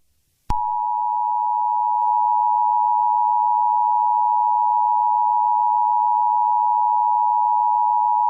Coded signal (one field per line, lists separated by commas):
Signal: Emergency Alert System (SAME) tones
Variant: 853 and 960 Hz attention tone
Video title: Atlanta Gas Attacks: An EAS Scenario